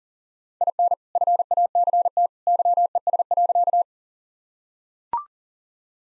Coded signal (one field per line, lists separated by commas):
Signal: Morse code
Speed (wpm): 40 wpm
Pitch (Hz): 700 Hz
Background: none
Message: IN FACT YES.